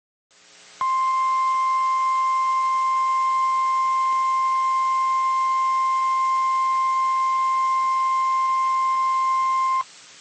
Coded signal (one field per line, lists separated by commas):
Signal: Emergency Alert System (SAME) tones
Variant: 1050 Hz attention tone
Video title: EAS Alerts I forgot about with SQW's on WSW's 12/29/25 - 1/24/26 (EAS #6590 - 6860)